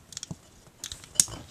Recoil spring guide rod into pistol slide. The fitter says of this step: want to push it in right there until you hear a little click so it locks into the